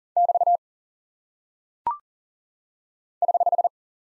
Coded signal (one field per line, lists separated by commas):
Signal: Morse code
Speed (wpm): 39 wpm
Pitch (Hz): 700 Hz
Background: none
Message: <BT> <HH>